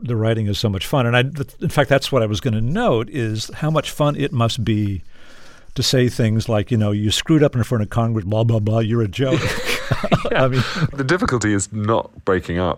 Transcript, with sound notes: I mean, the writing is so much fun. And in fact, that's what I was going to note is how much fun it must be to say things like, you know, you screwed up in front of Congress, blah, blah, blah. You're a joke.
(LAUGHTER)
I mean...
The difficulty is not breaking up.